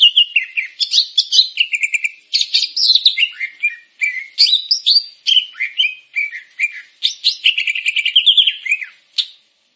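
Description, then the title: Grey-cheeked bulbul delivering an almost continuous stream of varied whistles, trills and slurred notes, with only brief pauses between phrases. "Kicau Burung Cucak Jenggot"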